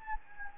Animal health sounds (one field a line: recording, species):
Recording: mosquito wingbeat signal from an infrared sensor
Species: Anopheles gambiae